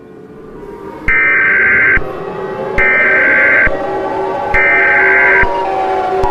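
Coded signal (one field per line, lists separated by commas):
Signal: Emergency Alert System (SAME) tones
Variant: header bursts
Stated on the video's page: Fictional EAS scenario.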